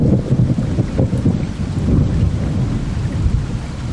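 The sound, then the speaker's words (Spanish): Heavy rain hisses steadily while deep, rolling thunder rumbles underneath, staying loud and continuous for the whole stretch with no voices. “De repente se largó a llover.”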